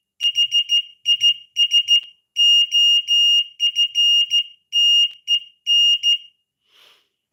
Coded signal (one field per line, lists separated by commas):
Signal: Morse code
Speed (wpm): 15 wpm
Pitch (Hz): 2850 Hz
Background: none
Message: HIS OFTEN